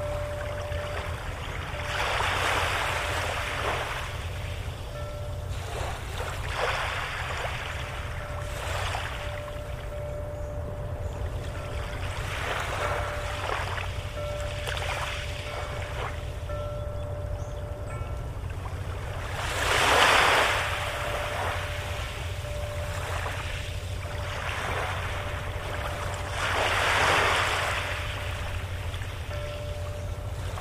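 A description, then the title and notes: Water sloshes and laps by a dock in repeated washes every few seconds, the strongest surges near 20 and 27 seconds. A steady low rumble runs underneath throughout, along with a faint constant whine that drops in and out. Soothing Water Sounds by Dock.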